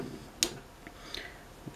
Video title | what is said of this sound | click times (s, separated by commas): Transformers Titans Return ( Wave 2 ) Deluxe Class Wolfwire Review | rotate that down it locks into place and here we have him already standing once | 0.4 s